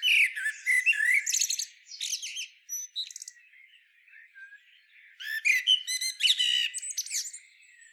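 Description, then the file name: Blackbird song: low warbled notes near the start, then bursts of high squeaky twittering and short buzzy rattles, with a quieter gap in the middle. "Turdus merula"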